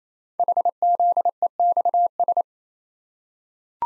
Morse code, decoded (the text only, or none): HZEXS